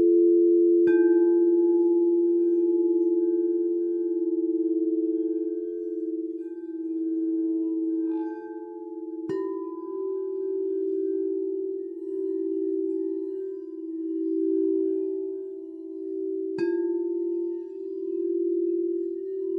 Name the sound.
Healing Vibrations & Sound Bath